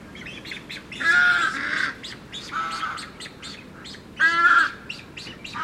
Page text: Birds Ibis Australian White Young Mature Nesting. Birds from South Australia